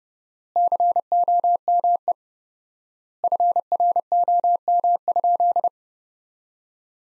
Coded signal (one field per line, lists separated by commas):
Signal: Morse code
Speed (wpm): 30 wpm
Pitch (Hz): 700 Hz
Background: none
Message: COME FROM?